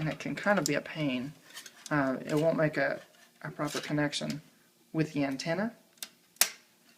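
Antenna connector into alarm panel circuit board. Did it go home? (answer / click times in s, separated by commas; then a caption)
yes / 6.4 s. Someone talks while pushing a small antenna connector onto an alarm/security panel circuit board, which needs a good snap to make a proper connection. After the speech, a faint tick is followed by a sharp click at 6.4 s as the connector snaps in and seats.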